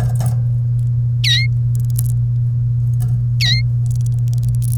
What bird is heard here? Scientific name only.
Serinus canaria